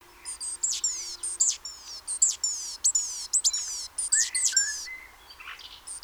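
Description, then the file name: Great tit calling in a steady series of high, downward-sliding notes, each short and sharp, then softer lower whistles toward the end. "Parus major"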